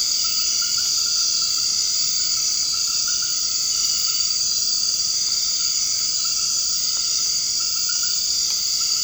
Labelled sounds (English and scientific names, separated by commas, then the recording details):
none
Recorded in secondary vegetation near Puerto Asís, Putumayo, Colombia, on 24 March 2025 at 22:30
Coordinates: 0.502, -76.326
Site G100